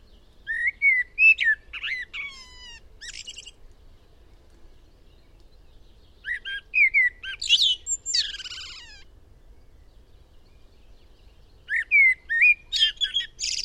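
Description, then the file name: Eurasian blackbird singing three phrases, each opening with mellow fluted whistles and closing in a squeaky, high-pitched twitter, with pauses of several seconds between phrases. "Turdus merula"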